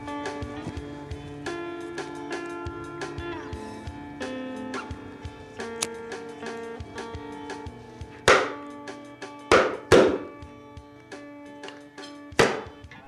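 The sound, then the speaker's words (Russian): Four sharp hammer blows from someone repairing a chair in a kitchen land irregularly in the last few seconds, loud and percussive, after a stretch of soft, sustained tonal sound with light clicks. “ремонтирует стул на кухне.”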